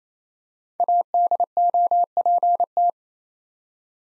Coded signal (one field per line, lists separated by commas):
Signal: Morse code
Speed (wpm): 27 wpm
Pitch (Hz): 700 Hz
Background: none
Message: ADOPT